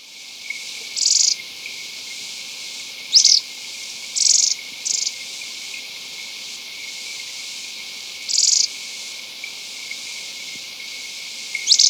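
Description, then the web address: Agile tit-tyrant calling with short, high, buzzy notes spaced irregularly every half second to four seconds over faint background hiss. Recorded in Ecuador, South America. "Birds of Ecuador 2. Agile Tit-Tyrant"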